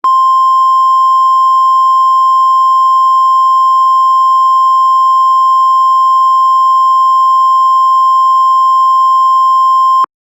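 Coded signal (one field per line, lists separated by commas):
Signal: Emergency Alert System (SAME) tones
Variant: 1050 Hz attention tone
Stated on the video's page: Invasion EAS scenario, a fictional simulated alert.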